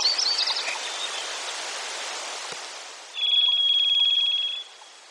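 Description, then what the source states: Varied thrush song: after a noisy start, a long, level, buzzy whistle sounds for about one and a half seconds, then stops. Denali, Alaska, 7 June 2014.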